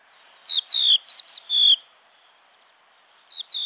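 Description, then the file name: Crested lark giving clear, fluty whistled notes that slur downward, a quick phrase of about five notes, then a pause and two more at the end. "DZIERLATKA"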